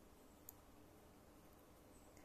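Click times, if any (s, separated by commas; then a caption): 0.5 s. A wristwatch's screw-down crown is unscrewed anticlockwise from its threaded case tube against a quiet background. A single sharp click at 0.5 s marks the crown springing free, leaving it fully unscrewed and able to move.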